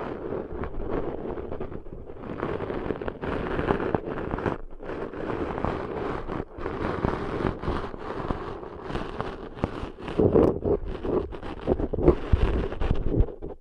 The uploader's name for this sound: Deep 3D Ear Cleaning Intense & Realistic